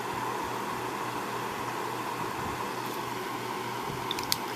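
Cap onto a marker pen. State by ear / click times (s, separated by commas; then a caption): seated / 4.3 s. A plastic cap is pushed back onto a plastic marker pen against a steady background hiss and hum, with two faint ticks at about 4.1 and 4.2 seconds. A sharp click at 4.3 seconds marks the cap seating fully onto the marker.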